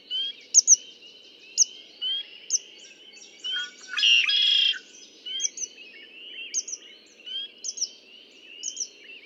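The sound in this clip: Red-winged blackbird song, a loud buzzy trill around the middle, with quick high chirps before and after over a continuous chorus of birds.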